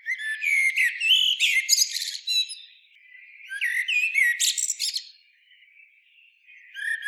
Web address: SETE data Turdus merula